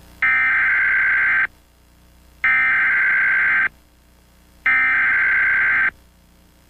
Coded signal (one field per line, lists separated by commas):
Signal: Emergency Alert System (SAME) tones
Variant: header bursts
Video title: Puerto Rico 🇵🇷 Emergency Alert System (Flash Flood Warning)(TeleOnce Cable)(9/21/98)